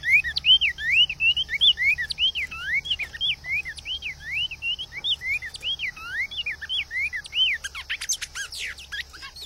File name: Canto do bico de veludo